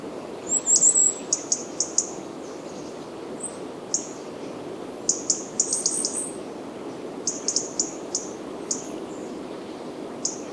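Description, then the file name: European robin calling with sharp, very high ticking notes, in several quick runs and a few single ticks, over low background noise. "Erithacus rubecula"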